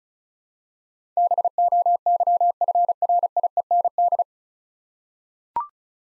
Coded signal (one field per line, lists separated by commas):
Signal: Morse code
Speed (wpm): 34 wpm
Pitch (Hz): 700 Hz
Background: none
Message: BOYFRIEND